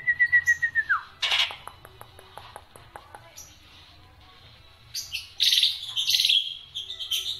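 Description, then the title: Black-winged myna song: a brief falling whistle and soft clicks, then a quiet gap before harsh, noisy chattering bursts. Dense, busy song with many variations, used as tutor song for training songbirds. "Kicauan Rapat Jalak Putih Gacor Banyak Variasi Untuk Masteran"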